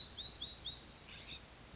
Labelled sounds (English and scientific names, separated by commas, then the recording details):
California Scrub-Jay (Aphelocoma californica)
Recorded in Sonoma County, California